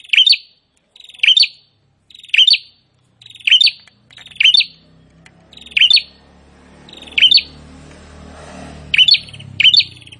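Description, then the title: Prinia repeating buzzy chattering phrases about once per second while a low rumbling noise rises toward the end. Prinia singing continuously (prenjak gacor), presented to make listeners' own prinias more aggressive and vocal. "Prenjak gacor ISTIMEWA bikin prenjak ANDA semakin GANAS dan GACOR"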